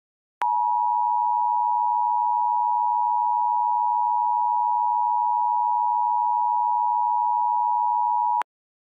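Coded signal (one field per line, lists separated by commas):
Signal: Emergency Alert System (SAME) tones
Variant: 853 and 960 Hz attention tone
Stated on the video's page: Fictional EAS scenario in an audio drama.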